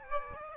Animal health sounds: mosquito wingbeat signal from an infrared sensor; Aedes aegypti

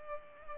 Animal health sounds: mosquito wingbeat signal from an infrared sensor; Culex pipiens

